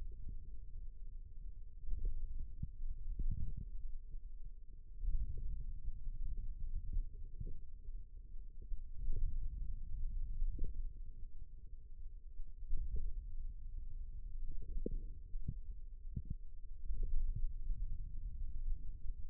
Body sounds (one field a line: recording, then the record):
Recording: forearm muscle sounds (acoustic myography)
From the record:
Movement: finger pinch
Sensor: system 2, bracelet of six BSWA MPA416 microphones around the upper forearm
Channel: 4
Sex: male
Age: 22 years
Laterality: right